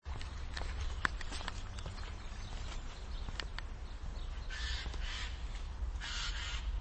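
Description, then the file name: Eurasian jay giving two harsh, rasping screeches late, each under a second long, over steady low rumbling background noise and a few faint clicks. "Garrulus glandarius"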